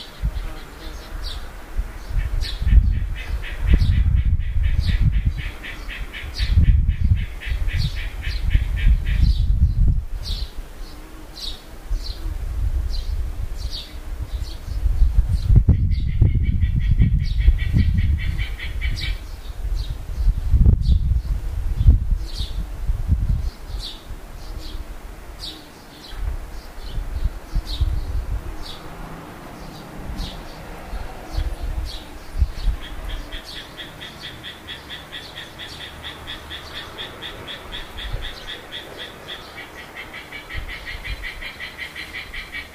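Birds call in short, bright chirps scattered through the clip, with some rapid trilling runs at around 16 and 33–43 seconds. Underneath, a low rumbling swells and fades unevenly during the first 25 seconds, then the background grows quieter.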